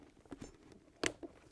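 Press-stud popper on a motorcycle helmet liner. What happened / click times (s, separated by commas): The press-stud snapped into place / 1.1 s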